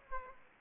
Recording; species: mosquito wingbeat signal from an infrared sensor; Aedes aegypti